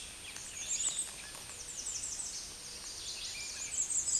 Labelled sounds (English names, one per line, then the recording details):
American Redstart song
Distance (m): 35 m
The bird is about 10 m above the microphone
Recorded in a Pennsylvania forest on 16 May 2024 at 09:30
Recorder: AudioMoth, point MSD-2367
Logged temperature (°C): 16.0 °C
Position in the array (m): 109 m, 244 m